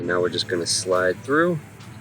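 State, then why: Not seated. A replacement trimmer blade is lined up with the piece on the back of a string trimmer head and is being slid through while someone talks. The blade is only being handled and has not locked into place yet, so nothing has seated or clicked.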